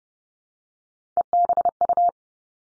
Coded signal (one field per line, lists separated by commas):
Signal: Morse code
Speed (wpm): 30 wpm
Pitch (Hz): 700 Hz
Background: none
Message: EBU